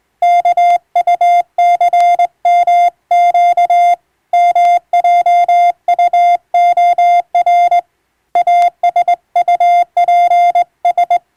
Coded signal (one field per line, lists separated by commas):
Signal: Morse code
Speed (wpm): 20 wpm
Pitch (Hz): 700 Hz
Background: none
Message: KUCMQ MJUOR ASUPS